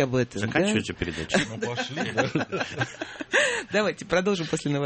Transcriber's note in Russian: смеется